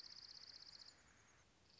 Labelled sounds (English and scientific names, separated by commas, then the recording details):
Dark-eyed Junco (Junco hyemalis)
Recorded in Sonoma County, California